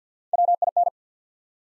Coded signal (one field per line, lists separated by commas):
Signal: Morse code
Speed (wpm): 50 wpm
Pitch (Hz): 700 Hz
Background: none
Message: W I N